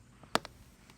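A plastic retaining clip on the seat cover of a 2012 Chevrolet Suburban is pushed into the seat cushion frame during a seat foam and cover swap. A loud, sharp snap comes at 0.4 s, followed by a softer click just after and faint ticks around it in an otherwise quiet moment. The clip snaps in and is seated.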